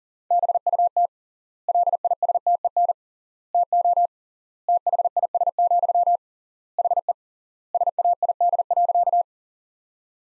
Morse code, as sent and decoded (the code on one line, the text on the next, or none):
-... ..- - / .-.. .. ... - . -. / - --- / - .... .. ... --..-- / .... . / ... .- .. -.. .-.-.-
BUT LISTEN TO THIS, HE SAID.